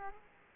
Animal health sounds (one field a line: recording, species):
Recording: mosquito wingbeat signal from an infrared sensor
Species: Culex quinquefasciatus